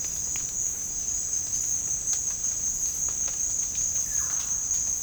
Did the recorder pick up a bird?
yes